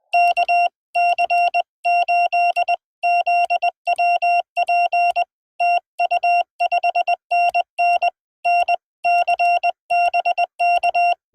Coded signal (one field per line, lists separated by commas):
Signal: Morse code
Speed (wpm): 20 wpm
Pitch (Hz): 700 Hz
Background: none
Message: KC8ZWP TU 5NN NC BK